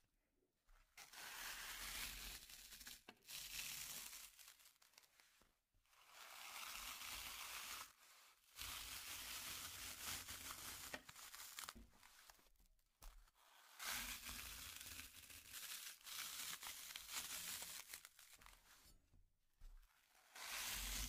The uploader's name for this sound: Slime Sounds Crayon Sounds + Tapping